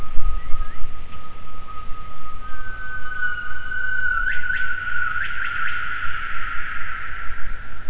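Gibbon calls: a steady whistled tone with a few short rising swoops near the end, over low rumbling noise.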